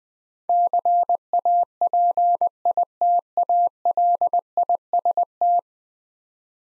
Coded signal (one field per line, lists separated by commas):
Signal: Morse code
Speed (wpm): 20 wpm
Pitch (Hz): 700 Hz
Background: none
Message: CAPITALIST